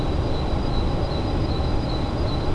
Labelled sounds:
Great Tit

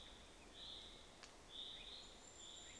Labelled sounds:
Common Chaffinch

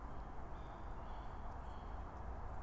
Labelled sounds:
Tawny Owl

